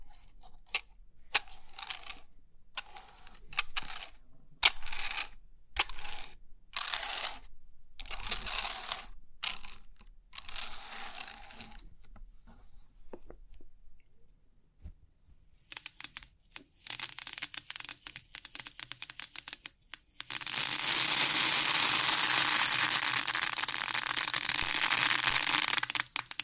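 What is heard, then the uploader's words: Crisp pin art tingles: bursts of fine ticking and clicking for twelve seconds, sparse taps, then a dense, bright, steady rush from twenty seconds. Crisp 3D Pin Art Tingles(No Talking).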